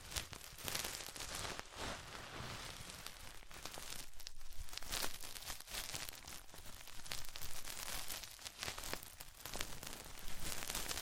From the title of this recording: ASMR Deep Ear Cleaning Session